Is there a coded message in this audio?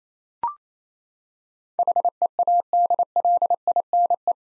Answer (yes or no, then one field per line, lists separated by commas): yes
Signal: Morse code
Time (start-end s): 1.8-4.3 s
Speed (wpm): 28 wpm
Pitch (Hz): 700 Hz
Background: none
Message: HEADLINE